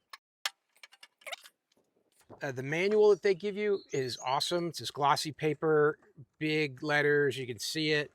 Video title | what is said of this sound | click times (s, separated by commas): Full Install • US Automatic Ranger HD Gate Operator | and it snaps into place on four corners. | 0.5 s, 0.8 s, 1.0 s